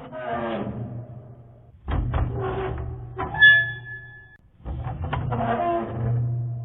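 A key grinds and scrapes in a lock, with rough metallic rattling, a sharp click, and a brief high-pitched squeal before more scraping.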